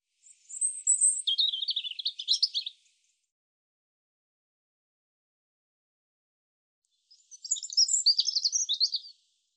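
European robin song: two tinkling phrases of rapid high notes and short trills, separated by about four seconds of silence.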